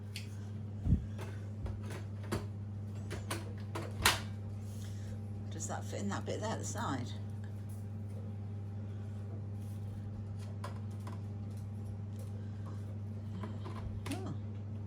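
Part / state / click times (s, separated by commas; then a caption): plastic vacuum accessory into its holder or slot on the vacuum / not seated / none. A plastic accessory is handled near its holder or side slot on a Shark anti hair wrap cordless vacuum during unboxing, and someone talks. Several short, sharp knocks and taps sound over a steady low hum, the loudest near 4.1 s. Nothing has seated or clicked into place yet.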